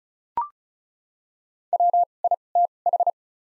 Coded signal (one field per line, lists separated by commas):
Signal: Morse code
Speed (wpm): 36 wpm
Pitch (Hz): 700 Hz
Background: none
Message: W I T H